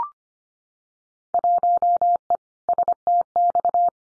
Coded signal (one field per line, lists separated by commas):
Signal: Morse code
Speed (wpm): 25 wpm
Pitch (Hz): 700 Hz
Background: none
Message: 1E STX